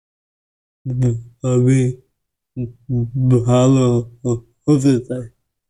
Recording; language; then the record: elicited speech; Bengali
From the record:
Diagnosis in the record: Broca's or global aphasia after a stroke